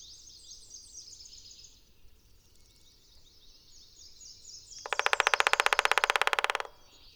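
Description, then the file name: Black-backed woodpecker drumming: one fast, even roll of loud taps lasting about two seconds, over a chorus of high twittering songbirds. "Black backed Woodpecker Picoides arcticus"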